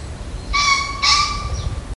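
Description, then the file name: Green pheasant call: two loud, strident notes in quick succession, each a steady ringing tone rich in overtones, over a low rumbling background. "kiji"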